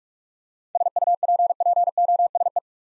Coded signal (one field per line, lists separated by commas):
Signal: Morse code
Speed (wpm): 46 wpm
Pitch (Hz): 700 Hz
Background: none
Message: SUPPOSE